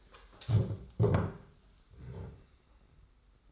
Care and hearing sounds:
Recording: daily activity, microphone in the room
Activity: stand up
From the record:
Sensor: 3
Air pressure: 991.7 hPa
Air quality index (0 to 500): 167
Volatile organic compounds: 1000 ppm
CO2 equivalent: 5534 ppm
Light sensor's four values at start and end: 35/100/41/35 and 36/100/41/35

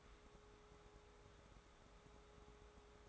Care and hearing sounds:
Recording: daily activity, microphone in the room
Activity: take from stove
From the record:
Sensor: 3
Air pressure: 1010.3 hPa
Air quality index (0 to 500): 166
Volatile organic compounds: 9 ppm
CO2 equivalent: 2169 ppm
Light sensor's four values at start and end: 51/125/55/61 and 51/126/55/61

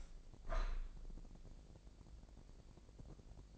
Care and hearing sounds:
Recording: daily activity, microphone in the room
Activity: open window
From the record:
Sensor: 5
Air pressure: 1012.4 hPa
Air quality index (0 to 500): 163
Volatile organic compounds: 2 ppm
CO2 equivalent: 1104 ppm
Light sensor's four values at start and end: 70/168/69/74 and 70/168/69/74

